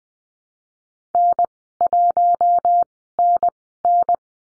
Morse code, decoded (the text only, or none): N1NN